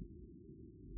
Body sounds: neck accelerometer signal played as sound; no cough (speech, laughter, throat clearing or background)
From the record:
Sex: male

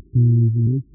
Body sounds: neck accelerometer signal played as sound; no cough (speech, laughter, throat clearing or background)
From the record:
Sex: male

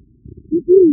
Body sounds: neck accelerometer signal played as sound; no cough (speech, laughter, throat clearing or background)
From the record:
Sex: female

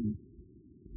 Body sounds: neck accelerometer signal played as sound; no cough (speech, laughter, throat clearing or background)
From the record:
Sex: female

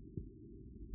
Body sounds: neck accelerometer signal played as sound; no cough (speech, laughter, throat clearing or background)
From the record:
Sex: male

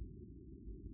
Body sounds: neck accelerometer signal played as sound; no cough (speech, laughter, throat clearing or background)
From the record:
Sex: female

